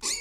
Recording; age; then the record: pig call; weaner (32 to 43 days)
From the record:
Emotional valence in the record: negative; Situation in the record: short isolation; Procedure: open field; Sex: female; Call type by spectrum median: high-frequency call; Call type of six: high-frequency stable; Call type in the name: high-frequency stable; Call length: 0.21 s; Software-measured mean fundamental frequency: 426 Hz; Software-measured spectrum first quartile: 3781 Hz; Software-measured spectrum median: 5662 Hz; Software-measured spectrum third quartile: 7235 Hz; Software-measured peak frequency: 7089 Hz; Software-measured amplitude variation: 118 dB a second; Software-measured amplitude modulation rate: 26.1 a second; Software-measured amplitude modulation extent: 4.5 dB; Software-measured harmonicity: 4.8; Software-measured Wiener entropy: -2.06